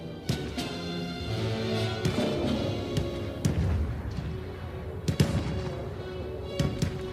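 Scattered gunshots crack out at irregular intervals, sharp and loud, some in quick pairs, as government troops fire on the palace held by the People's Naval Division in a gunfight, over a dense, continuous droning background with no voices.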